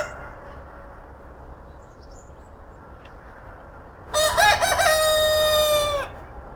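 Rooster crowing once, a loud harmonic cock-a-doodle-doo lasting about two seconds near the end after a quiet stretch of low background hum.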